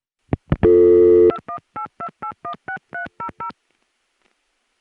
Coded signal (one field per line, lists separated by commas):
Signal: DTMF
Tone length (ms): 100 ms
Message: 2182816300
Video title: Early 80s pgm. 13: Odd Ring Tones, A Remote New York City Dialtone, Time Announcements, 1981 - 1983